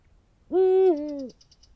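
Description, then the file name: Eurasian eagle-owl hoot: a single low, rich note that holds level, then drops to a deeper tone and ends, with a faint run of soft high ticks toward the end. "uhu bagoly hangja"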